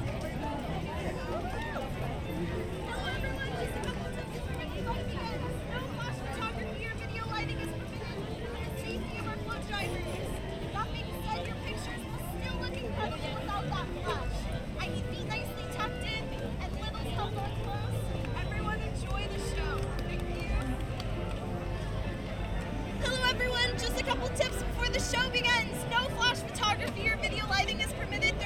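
A Main Street Electrical Parade recording, where a dense wash of crowd chatter and voices runs steadily under a faint melodic parade tune. Low rumble persists throughout, and after about 23 seconds brighter, sparkling sounds and louder activity join in, thickening the mix.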